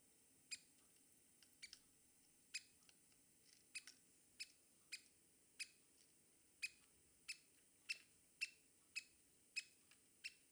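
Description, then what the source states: Lesser Spotted Woodpecker: sharp, high, clipped ticks repeated irregularly, roughly one or two per second, over a low hiss. Example call for recognising the woodpecker by its voice.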